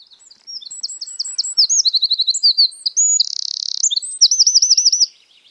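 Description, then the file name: Eurasian wren song, a fast loud outpouring of high, sharp notes and chattering phrases with a rapid buzzy rattle midway and a looping trill at the end. "Troglodytes troglodytes"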